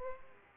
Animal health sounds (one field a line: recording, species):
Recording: mosquito wingbeat signal from an infrared sensor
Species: Aedes aegypti